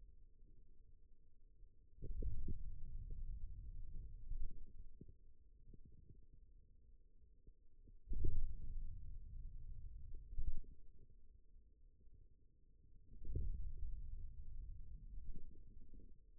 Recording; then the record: forearm muscle sounds (acoustic myography)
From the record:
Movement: ulnar deviation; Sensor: system 2, bracelet of six BSWA MPA416 microphones around the upper forearm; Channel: 6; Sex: male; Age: 22 years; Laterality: right